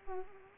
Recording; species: mosquito wingbeat signal from an infrared sensor; Culex quinquefasciatus